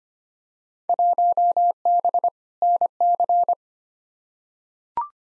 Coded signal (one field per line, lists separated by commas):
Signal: Morse code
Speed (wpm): 25 wpm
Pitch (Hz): 700 Hz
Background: none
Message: 1B NC